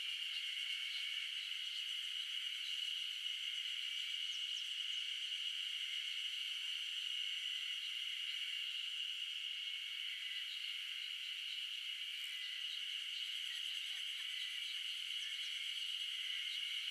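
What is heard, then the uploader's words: Insects buzz and hum without pause on an early summer morning, a dense, steady, high-pitched drone that holds level for the whole stretch. Nothing sits in the low range. A few faint, brief chirps flicker in and out behind the constant chorus. The sound of the insects buzzing and humming away on a early summer morning in the mountains of Shizuoka Japan.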